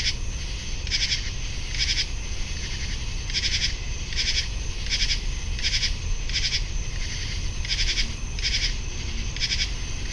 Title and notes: Many Common True Katydids singing on July 23, 2015 at 10:05PM (75 degrees)in Picnic Grove of River Towers Condos alongside of west Dyke Marsh. Heard in background: Spring or Fall Crickets